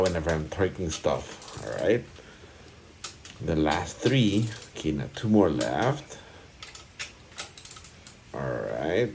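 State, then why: Torque reached. A click-type torque wrench is used for first-step torquing of an engine bottom-end bolt on an engine block in a D16A6 non-VTEC OEM rebuild. Someone talks, and the wrench gives a confirmed click at 3.0 s, with further short sharp ticks later in the clip.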